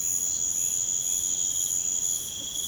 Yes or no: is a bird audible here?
no